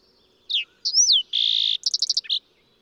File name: Fox Sparrow